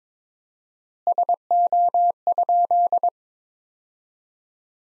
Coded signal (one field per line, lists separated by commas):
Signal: Morse code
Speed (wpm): 22 wpm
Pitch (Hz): 700 Hz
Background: none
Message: SO?